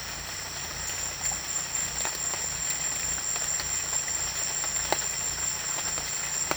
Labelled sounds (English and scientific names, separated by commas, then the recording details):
none
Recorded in secondary vegetation near Puerto Asís, Putumayo, Colombia, on 24 June 2025 at 18:00
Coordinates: 0.498, -76.327
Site GP09